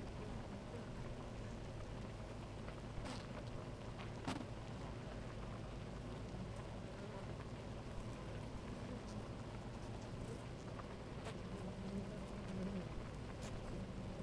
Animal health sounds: honeybee colony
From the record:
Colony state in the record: active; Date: 28 July 2017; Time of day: 11:41

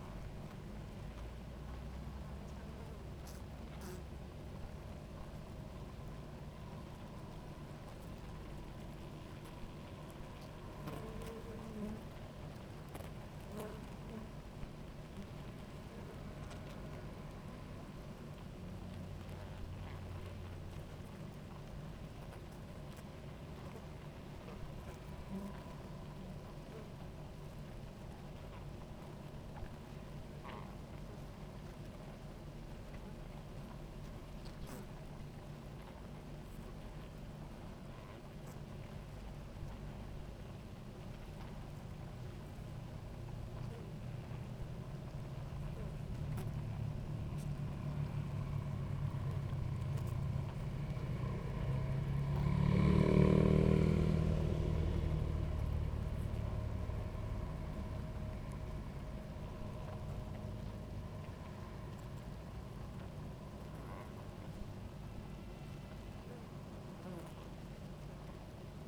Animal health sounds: honeybee colony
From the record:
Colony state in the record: active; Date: 28 July 2017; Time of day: 17:27

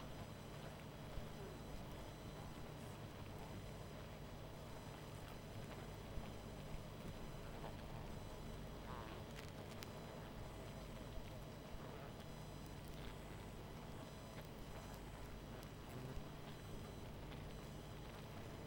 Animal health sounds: honeybee colony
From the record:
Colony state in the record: missing queen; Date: 14 July 2017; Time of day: 20:39

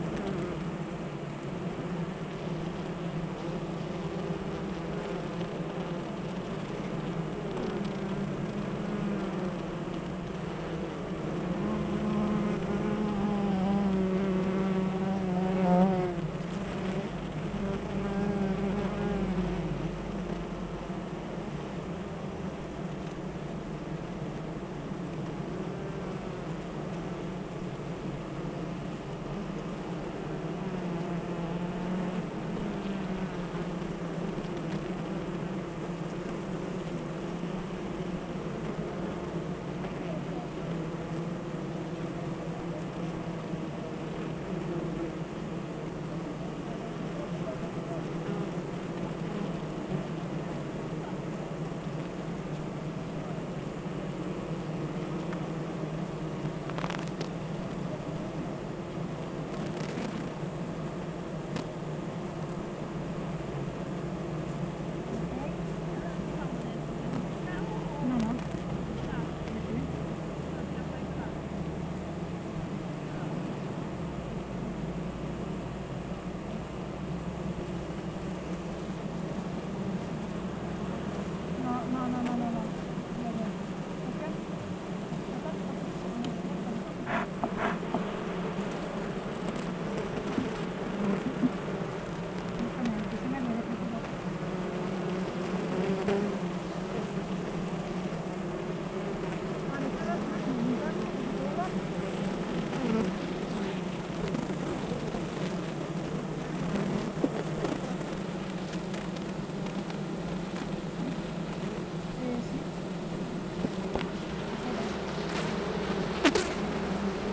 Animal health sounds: honeybee colony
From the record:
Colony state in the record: active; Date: 28 July 2017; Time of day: 8:13

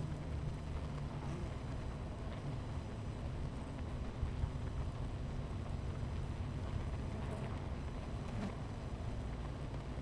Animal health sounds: honeybee colony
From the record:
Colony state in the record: missing queen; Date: 14 July 2017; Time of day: 11:07

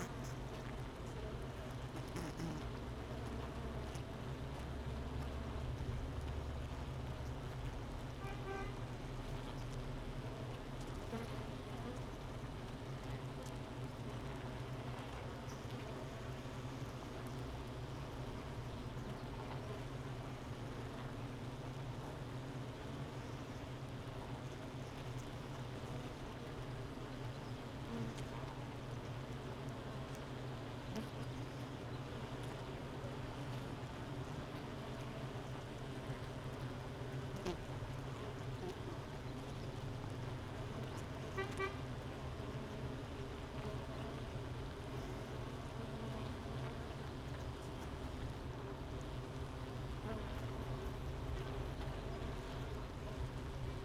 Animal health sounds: honeybee colony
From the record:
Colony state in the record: missing queen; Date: 31 May 2018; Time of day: 9:38

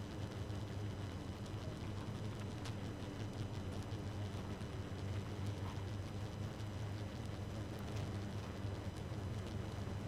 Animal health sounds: honeybee colony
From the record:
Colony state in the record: active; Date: 12 June 2018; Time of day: 2:23

